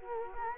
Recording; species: mosquito wingbeat signal from an infrared sensor; Culex quinquefasciatus